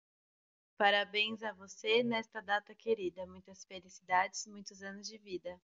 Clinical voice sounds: short text; Brazilian Portuguese; female; 30 to 39 years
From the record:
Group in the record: control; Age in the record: 31 years

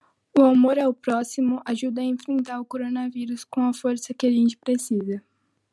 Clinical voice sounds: spoken sentence; Brazilian Portuguese; female; 18 to 19 years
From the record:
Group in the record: control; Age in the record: 18 years

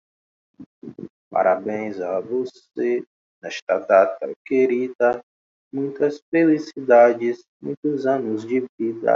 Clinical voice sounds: short text; Brazilian Portuguese; male; 40 to 49 years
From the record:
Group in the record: control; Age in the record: 40 years

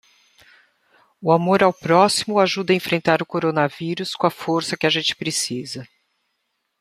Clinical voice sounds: spoken sentence; Brazilian Portuguese; female; 60 to 69 years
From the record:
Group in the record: control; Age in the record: 60 years

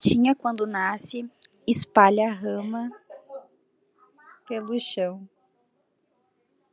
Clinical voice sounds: short text; Brazilian Portuguese; female; 20 to 29 years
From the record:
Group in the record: control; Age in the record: 22 years

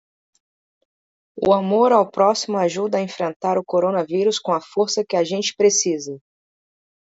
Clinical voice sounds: spoken sentence; Brazilian Portuguese; female; 30 to 39 years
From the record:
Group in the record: control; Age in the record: 33 years

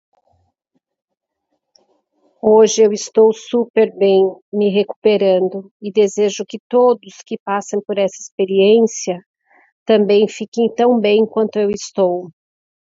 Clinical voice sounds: short text; Brazilian Portuguese; female; 50 to 59 years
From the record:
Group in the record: control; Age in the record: 50 years

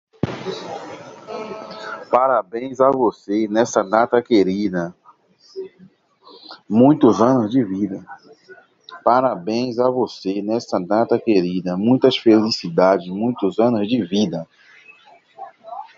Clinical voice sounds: short text; Brazilian Portuguese; male; 30 to 39 years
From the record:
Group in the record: control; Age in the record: 38 years

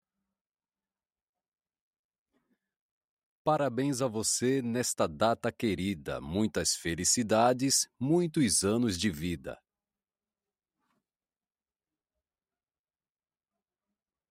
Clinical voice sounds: short text; Brazilian Portuguese; male; 30 to 39 years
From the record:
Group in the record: control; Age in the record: 36 years

